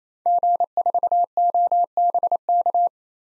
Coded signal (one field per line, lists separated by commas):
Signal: Morse code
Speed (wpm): 28 wpm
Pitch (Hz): 700 Hz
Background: none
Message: G4OBK